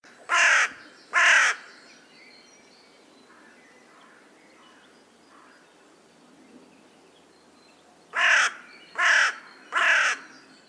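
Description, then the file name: Carrion crow giving harsh, hoarse caws: two in quick succession, a long pause, then three more evenly spaced; otherwise quiet background. "Corvus corone"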